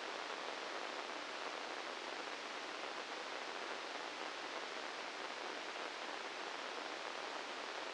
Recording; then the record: brain microelectrode recording played as sound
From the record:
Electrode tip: inside the subthalamic nucleus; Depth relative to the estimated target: 0 mm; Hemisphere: left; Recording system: NeuroSet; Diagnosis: Parkinson's disease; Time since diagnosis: 9 years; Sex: male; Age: 61 years